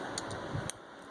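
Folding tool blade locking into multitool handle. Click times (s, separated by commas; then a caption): 0.2 s, 0.7 s. A folding implement on a Leatherman Wingman multitool is swung open until it locks into place in the handle, with nothing needed to release it. Two small, sharp ticks are heard at 0.2 s and 0.7 s over a steady background hum. The implement locks open and feels sturdy.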